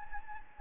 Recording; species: mosquito wingbeat signal from an infrared sensor; Anopheles gambiae